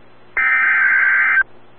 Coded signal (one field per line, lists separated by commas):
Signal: Emergency Alert System (SAME) tones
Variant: header bursts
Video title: Double Header From Norman EAS #127-128